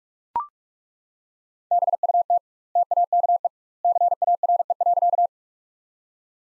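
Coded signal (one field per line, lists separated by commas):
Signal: Morse code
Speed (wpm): 42 wpm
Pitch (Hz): 700 Hz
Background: none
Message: BUT TAKE CARE.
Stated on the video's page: Practice sentences from top 300 words at 45 wpm with double word spacing, a word-level Farnsworth-like method.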